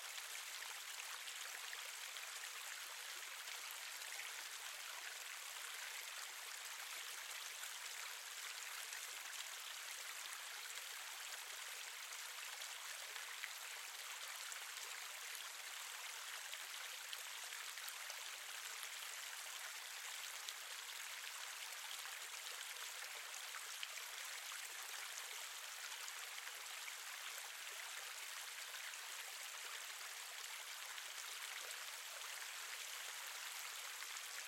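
A waterfall's murmur pours on without pause, a dense, hissing rush that stays level for the whole stretch. The sound sits high and bright with almost nothing underneath, and faint droplet patters flicker through the steady wash.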